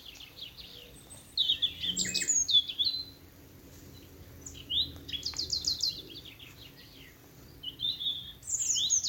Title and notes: Sound Escape 11: the glorious song of nightingales from a Dorset wood. it's evening at Alners Gorse, a nature reserve in Dorset run by Butterfly Conservation. As the dew falls, the extraordinary song of nightingales rises from the thickets. Recorded by Martin Maudsley